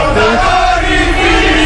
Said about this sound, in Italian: Allora, anche per lei dovremmo chiedere un boato della folla.